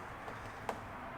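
A wiring harness connector is plugged into the taillight of a Porsche 981 Cayman before the taillight unit is installed. Against a steady low background hiss, a single short, sharp click sounds at 0.7 s. The connector is seated.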